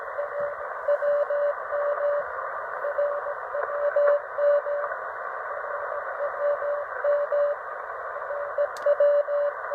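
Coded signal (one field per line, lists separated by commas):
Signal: radio time signal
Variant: RWM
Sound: on-off keyed steady tone in Morse-like dots and dashes over hissy shortwave noise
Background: radio static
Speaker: I'm receiving RWM Moscow on 9.996 megahertz, which is a 5 kilowatt transmission, not quite as strong as 14.996. And it's just come back on.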